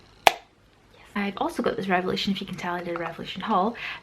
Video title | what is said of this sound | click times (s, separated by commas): GRWM: New Year - New Products | it's got quite a satisfying snap | 0.3 s